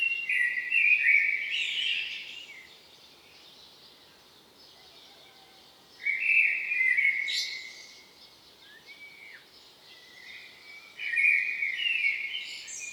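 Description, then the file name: Common blackbird singing three phrases spaced several seconds apart, each a rich fluty warble ending in a thin, high twitter, with steady hiss throughout. "Turdus merula"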